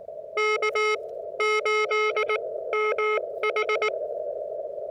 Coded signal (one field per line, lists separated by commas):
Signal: Morse code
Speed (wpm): 19 wpm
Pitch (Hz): 430 Hz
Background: none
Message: K8MH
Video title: Parks on the Air in CW. Practice with W4EMB